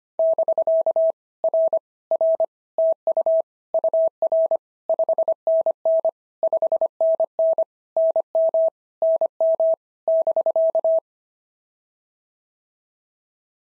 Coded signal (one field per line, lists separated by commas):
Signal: Morse code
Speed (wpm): 24 wpm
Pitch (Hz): 650 Hz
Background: none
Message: <BK> R R TU UR 5NN 5NN NM NM <BK>